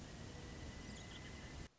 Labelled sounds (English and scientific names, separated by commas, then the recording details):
Pileated Woodpecker (Dryocopus pileatus)
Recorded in Sonoma County, California